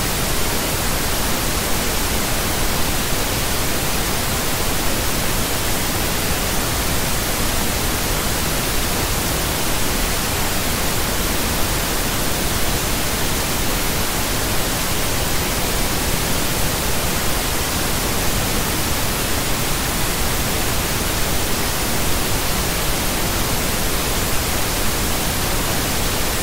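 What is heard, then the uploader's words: White noise hisses evenly for the whole clip, a dense, unchanging rush that fills everything from low rumble to bright top. The level holds perfectly steady, with no events, pauses or background sounds breaking through. Relaxing White Noise for Deep Sleep.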